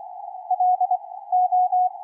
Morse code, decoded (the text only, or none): LO